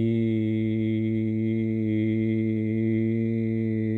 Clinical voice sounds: sustained vowel /i/; male; 40 to 49 years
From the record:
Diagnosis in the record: amyotrophic lateral sclerosis, bulbar onset 11 months earlier, bulbar signs present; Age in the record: 40 years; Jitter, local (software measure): 0.30%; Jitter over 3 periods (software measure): 0.12%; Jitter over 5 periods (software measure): 0.18%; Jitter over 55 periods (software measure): 0.67%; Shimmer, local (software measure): 1.7%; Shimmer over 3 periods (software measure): 0.7%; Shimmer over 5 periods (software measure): 1.0%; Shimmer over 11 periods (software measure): 1.9%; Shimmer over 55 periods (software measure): 4.0%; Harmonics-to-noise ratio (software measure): 17.1 dB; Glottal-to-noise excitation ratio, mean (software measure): 0.92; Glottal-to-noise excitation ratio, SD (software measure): 0.026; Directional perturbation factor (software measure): 53.6%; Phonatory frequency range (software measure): 0.10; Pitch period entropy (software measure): 0.98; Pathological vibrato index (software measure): 0.69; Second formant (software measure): 2143 Hz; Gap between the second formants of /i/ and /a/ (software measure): 985 Hz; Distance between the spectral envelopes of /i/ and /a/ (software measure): 7.9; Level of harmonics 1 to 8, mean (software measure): -5.1, -2.3, -4.7, -16.6, -24.5, -35.5, -45.9, -51.6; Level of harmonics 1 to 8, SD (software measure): 0.7, 0.8, 1.6, 2.5, 1.4, 2.0, 3.6, 3.2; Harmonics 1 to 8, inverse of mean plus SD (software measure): 0.174, 0.324, 0.159, 0.052, 0.039, 0.027, 0.020, 0.018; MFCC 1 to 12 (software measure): 3.2, 20.0, 2.8, -22.4, -2.4, 1.3, -17.0, 12.9, -9.3, -3.6, 7.0, -4.0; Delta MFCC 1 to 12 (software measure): 0.008, -0.026, 0.023, -0.017, -0.010, 0.024, -0.030, 0.025, 0.001, 0.005, -0.024, 0.010

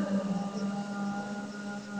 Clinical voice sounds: sustained vowel /a/; female; 30 to 39 years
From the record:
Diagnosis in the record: amyotrophic lateral sclerosis, spinal onset 57 months earlier, no bulbar signs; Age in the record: 39 years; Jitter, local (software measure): 2.06%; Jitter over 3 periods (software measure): 1.22%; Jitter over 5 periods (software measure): 1.28%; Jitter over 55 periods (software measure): 1.31%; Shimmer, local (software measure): 15.1%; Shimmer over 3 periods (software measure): 7.9%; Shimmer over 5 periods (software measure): 9.8%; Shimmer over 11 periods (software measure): 14.7%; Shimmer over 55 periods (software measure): 22.7%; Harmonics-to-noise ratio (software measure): 9.5 dB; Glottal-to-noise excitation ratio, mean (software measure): 0.85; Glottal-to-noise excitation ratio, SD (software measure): 0.034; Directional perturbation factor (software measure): 75.4%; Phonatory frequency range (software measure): 0.19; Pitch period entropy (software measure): 2.38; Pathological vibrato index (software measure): 0.62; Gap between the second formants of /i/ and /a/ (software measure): 1735 Hz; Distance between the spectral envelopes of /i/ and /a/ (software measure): 8.0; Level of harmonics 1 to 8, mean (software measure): -11.1, -30.1, -24.8, -25.6, -37.7, -32.7, -29.7, -46.2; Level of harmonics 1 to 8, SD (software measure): 4.6, 4.8, 5.5, 7.9, 5.4, 6.9, 9.7, 7.3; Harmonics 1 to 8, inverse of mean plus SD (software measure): 0.063, 0.029, 0.033, 0.030, 0.023, 0.025, 0.025, 0.019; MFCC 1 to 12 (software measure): -3.6, -3.6, -5.3, 0.9, -7.4, -5.1, -2.6, -16.4, -14.3, -7.1, -6.2, -7.2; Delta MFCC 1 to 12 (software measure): -0.009, -0.013, 0.003, 0.039, 0.071, 0.024, -0.008, -0.038, -0.065, 0.090, 0.045, -0.053

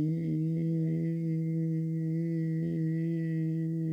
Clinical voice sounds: sustained vowel /i/; male; 60 to 69 years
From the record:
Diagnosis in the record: amyotrophic lateral sclerosis, spinal onset 11 months earlier, bulbar signs present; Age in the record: 61 years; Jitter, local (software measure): 1.37%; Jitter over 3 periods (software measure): 0.88%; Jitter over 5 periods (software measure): 0.66%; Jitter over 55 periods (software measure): 1.08%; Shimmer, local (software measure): 5.5%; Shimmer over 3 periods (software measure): 3.3%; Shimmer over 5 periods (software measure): 2.7%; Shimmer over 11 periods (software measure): 3.5%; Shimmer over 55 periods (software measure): 6.9%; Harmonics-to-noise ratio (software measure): 23.0 dB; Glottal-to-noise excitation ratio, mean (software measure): 0.89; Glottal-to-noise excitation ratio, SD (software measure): 0.034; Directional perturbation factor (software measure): 81.6%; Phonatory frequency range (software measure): 0.15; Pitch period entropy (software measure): 1.17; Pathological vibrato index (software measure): 0.35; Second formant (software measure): 2052 Hz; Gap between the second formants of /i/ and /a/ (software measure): 785 Hz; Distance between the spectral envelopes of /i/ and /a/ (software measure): 7.1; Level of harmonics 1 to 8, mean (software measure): -1.8, -7.8, -19.9, -38.5, -59.8, -70.4, -70.6, -67.4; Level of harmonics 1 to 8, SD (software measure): 0.9, 1.6, 1.9, 3.3, 6.5, 5.5, 5.2, 4.8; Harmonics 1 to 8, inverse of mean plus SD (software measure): 0.368, 0.107, 0.046, 0.024, 0.015, 0.013, 0.013, 0.014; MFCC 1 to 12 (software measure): 6.7, 18.0, 4.0, -23.9, -7.9, 0.6, -13.7, 1.6, -3.2, -15.1, 0.8, -6.0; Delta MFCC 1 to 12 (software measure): -0.008, 0.013, 0.021, -0.058, 0.021, 0.029, -0.005, -0.004, 0.006, -0.014, -0.005, 0.006

